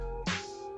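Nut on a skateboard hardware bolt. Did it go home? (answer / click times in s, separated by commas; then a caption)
no / none. A nut is being tightened down onto a skateboard mounting bolt with a skate tool. A steady tonal hum carries through the clip, a brief broadband burst comes in near 0.3 s, and a sharp rise arrives at 0.8 s. Nothing has seated or clicked yet.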